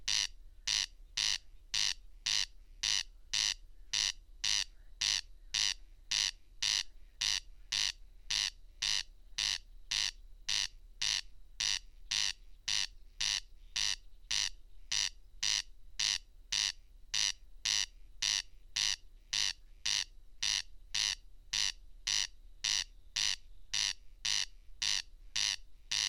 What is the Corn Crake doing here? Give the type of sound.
song